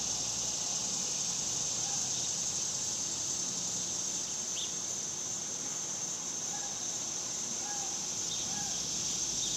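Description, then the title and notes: Cicadas in a steady, dense high buzzing chorus that continues unbroken, with a few faint brief chirps from other callers. Several cicadas outdoors in summer in the suburbs. "Ext Summer Cicadas, Suburbs by Bandeto"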